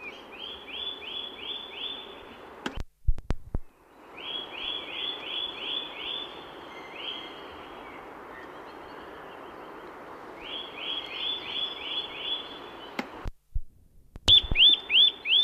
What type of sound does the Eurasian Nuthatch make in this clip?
song